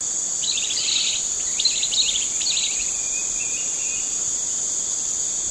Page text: Sound of Dusky Broadbill at Pinang Jatus, Gunung Lumut by BOORSMA, Tjalle